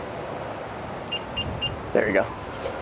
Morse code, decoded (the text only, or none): none